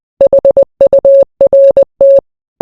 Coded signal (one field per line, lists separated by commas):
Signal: Morse code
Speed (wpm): 20 wpm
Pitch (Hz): 550 Hz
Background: none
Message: HURT